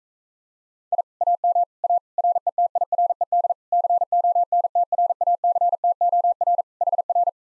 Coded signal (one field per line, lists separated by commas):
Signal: Morse code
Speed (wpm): 45 wpm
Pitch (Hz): 700 Hz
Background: none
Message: I AM A RETIRED CONTRACTOR HR